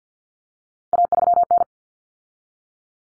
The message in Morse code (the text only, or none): A3N